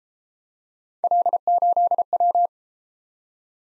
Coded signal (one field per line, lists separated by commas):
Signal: Morse code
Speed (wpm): 32 wpm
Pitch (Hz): 700 Hz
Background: none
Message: L8W